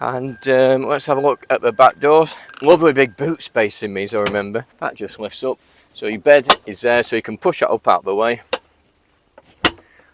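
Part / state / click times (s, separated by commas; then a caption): folding rear bed platform locking in raised position in campervan boot / seated / 9.6 s. Someone talks while pushing a campervan's folding rear bed platform, in the boot, up out of the way. A loud, sharp hit at 9.7 s comes as its support catches, and the bed locks in the raised position, held up.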